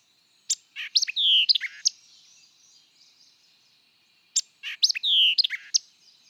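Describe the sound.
White-eyed vireo singing a crisp phrase of sharp chips and a falling slurred whistle, given twice roughly four seconds apart.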